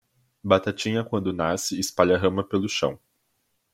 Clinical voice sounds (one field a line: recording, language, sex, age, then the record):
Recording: short text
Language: Brazilian Portuguese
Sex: male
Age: 20 to 29 years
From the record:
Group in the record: control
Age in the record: 22 years